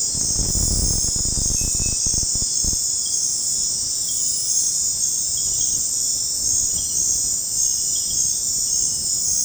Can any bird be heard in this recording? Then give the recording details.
no. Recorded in dense forest near Puerto Asís, Putumayo, Colombia, on 26 December 2024 at 22:00. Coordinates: 0.481, -76.323. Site G100